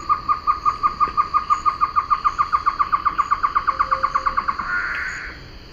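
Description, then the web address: Great antshrike song: a long, steady series of many mid-pitched hooting notes, ending in a harsh, rasping flourish. Song; eastern lowlands of South America. "Natures Songs S America Eastern Lowlands. Taraba major, song"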